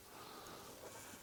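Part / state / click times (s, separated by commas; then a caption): spark plug boot onto small engine spark plug / not seated / none. A rubber spark plug boot with a metal clip is handled as it is pushed back onto the spark plug of a pressure washer's small engine. Only a steady, low background hiss is heard, with no sharp sounds. Nothing has seated or clicked yet; the boot is not yet home.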